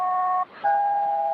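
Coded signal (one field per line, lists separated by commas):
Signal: aircraft SELCAL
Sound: a two-note chord, a short break, then a different two-note chord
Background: radio static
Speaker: for those wondering what these tones are because i get that question all the time this is cell called selective calling it's a way of unlocking a plane's radio if they need to communicate with the plane this is gander newfoundland air traffic control five six one six upper side band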